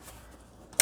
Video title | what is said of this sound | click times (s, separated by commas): How To Build A Computer From Scratch For Beginners | Just like that. You can hear that click, so now it is installed. | 0.8 s